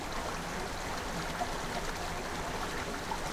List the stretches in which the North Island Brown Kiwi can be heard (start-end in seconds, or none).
none